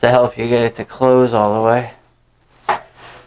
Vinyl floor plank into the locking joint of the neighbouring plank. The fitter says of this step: here you go oh i heard the click